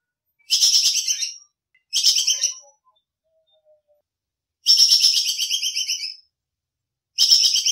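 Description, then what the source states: Squirrel chattering: two short rattling bursts, a pause, then a longer drawn-out pulsed rattle and the start of another. Squirrel 'kekes' call, described as gacor (calling constantly), used for masteran training.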